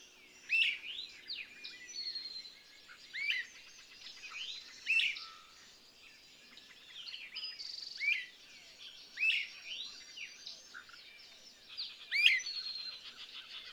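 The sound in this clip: Bird song: several loud sharp chirps at irregular intervals over dense high twittering.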